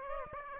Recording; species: mosquito wingbeat signal from an infrared sensor; Aedes aegypti